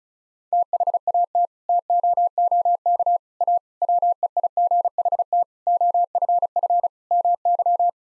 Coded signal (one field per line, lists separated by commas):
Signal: Morse code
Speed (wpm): 36 wpm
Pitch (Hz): 700 Hz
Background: none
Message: THAT TOOK A WEIGHT OFF MY